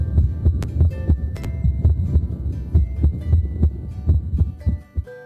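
Low, dull heart thumps come quickly at uneven intervals, with beats that vary clearly in loudness from one to the next. This absolutely irregular rhythm with unequal heart sound intensity points to atrial fibrillation, which needs an ECG to confirm the diagnosis.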